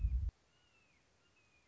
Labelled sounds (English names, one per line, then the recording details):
Red-shouldered Hawk
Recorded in Sonoma County, California